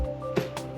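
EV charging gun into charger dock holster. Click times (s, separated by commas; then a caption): 0.4 s, 0.6 s. A plastic EV charging gun is pushed into its holster on a wall-mounted charger dock, with music playing underneath. It clicks in at 0.4 s and again at 0.6 s, and the gun is seated and stays put.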